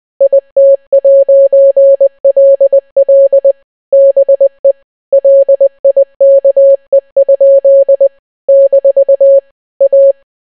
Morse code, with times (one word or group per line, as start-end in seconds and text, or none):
0.2-3.5 IT'LL
3.9-4.7 BE
5.1-8.1 LIKE?
8.5-9.4 -
9.8-10.1 A